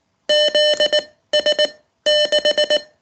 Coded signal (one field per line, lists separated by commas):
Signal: Morse code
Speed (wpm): 19 wpm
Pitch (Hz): 600 Hz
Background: none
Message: ZS6